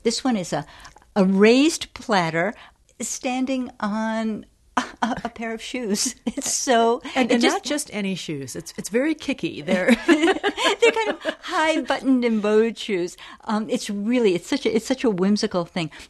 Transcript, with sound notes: This one is a raised platter standing on a pair of shoes. It's so�
And not just any shoes. It's very kicky. They're�
(Soundbite of laughter) They're kind of high-buttoned and bowed shoes. It's really - it's such a whimsical thing.